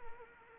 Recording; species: mosquito wingbeat signal from an infrared sensor; Anopheles arabiensis